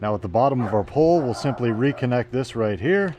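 A man talks throughout while a battery pack with its connector piece is brought to the bottom of the extension pole of an MZK cordless pruning shear to be reconnected. No click is heard, and the part has not seated yet.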